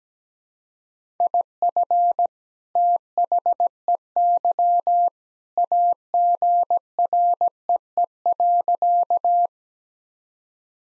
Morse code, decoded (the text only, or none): IF THEY AGREE.